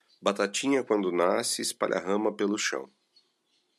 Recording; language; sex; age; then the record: short text; Brazilian Portuguese; male; 40 to 49 years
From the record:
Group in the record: control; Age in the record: 42 years